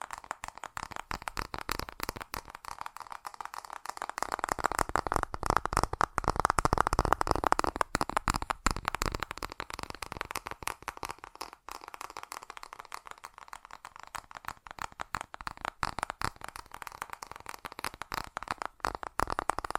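Fast tapping runs without a break for the whole stretch, a dense, rattling stream of quick clicks with a dry, papery edge. The taps swell louder and fuller around five to eight seconds, then ease back and thin slightly before picking up again toward the end.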